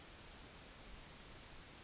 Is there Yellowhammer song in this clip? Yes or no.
no